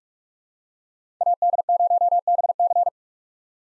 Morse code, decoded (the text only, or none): AD0BC